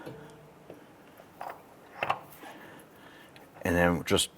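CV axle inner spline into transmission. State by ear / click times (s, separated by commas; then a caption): not seated / none. The inner spline end of a new steel front CV axle shaft for a 2009-2015 Honda Pilot is lined up with the transmission differential opening before being pushed in past its snap ring. Only faint handling and metal contact knocks are heard, around 1.4 s and 2.0–2.1 s, and someone talks near the end. The axle has not snapped into place yet.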